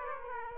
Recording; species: mosquito wingbeat signal from an infrared sensor; Aedes aegypti